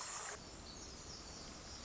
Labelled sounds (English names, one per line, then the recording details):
Pacific Wren
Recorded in Sonoma County, California